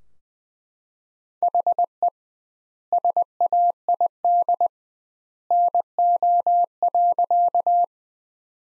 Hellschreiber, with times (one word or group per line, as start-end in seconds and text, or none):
none